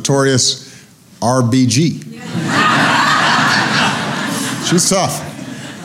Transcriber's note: laughter